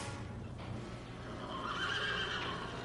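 A horse whinnies in one drawn-out, wavering call that rises high and trembles before fading, heard over a steady low rumble with no one speaking.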